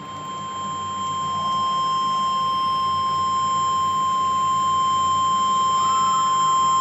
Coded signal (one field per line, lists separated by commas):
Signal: Emergency Alert System (SAME) tones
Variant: 1050 Hz attention tone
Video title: All EAS Severe Thunderstorm Warnings I caught in May 2026 using weatherusa.net (EAS #61 - EAS #69)